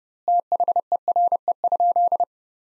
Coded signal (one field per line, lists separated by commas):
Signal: Morse code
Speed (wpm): 30 wpm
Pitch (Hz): 700 Hz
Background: none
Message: THERE?